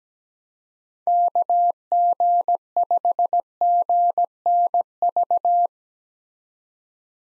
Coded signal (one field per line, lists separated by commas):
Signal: Morse code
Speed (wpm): 17 wpm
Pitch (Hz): 700 Hz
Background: none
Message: KG5GNV